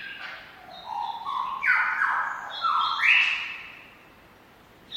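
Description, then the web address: Lyrebird giving loud, coarse squawks that step upward and downward in pitch, several notes overlapping before fading into quiet. "lyrebirds squaking. lyrebirds squeaking"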